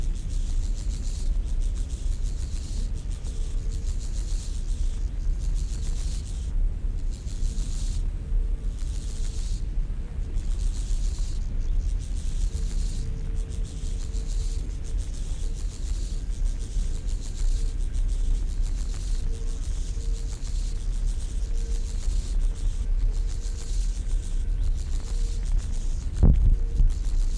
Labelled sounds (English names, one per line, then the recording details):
Steppe Grasshopper stridulation
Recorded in the wild
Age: imago
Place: Schildow, NSG, Kalktuffgelände am Tegeler Fließ (NSG Schildow), Berlin, DE
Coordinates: 52.642, 13.37
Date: 1993-08-14 11:51
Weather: 20°C, sonnig
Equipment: Marantz CP 430, Sennheiser ME 80, Kopie Uher Variocord 263
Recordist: Tembrock, Günter